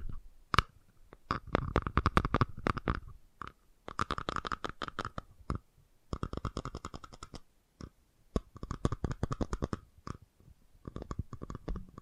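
Fast tapping in quick bursts of sharp clicks, each run lasting a second or two, separated by brief silences throughout the twelve seconds.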